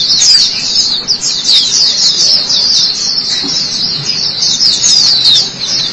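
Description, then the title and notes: White-eye song, rapid high twittering with thin slurred notes flowing continuously. Chirping song. "Suara kicauan burung pleci"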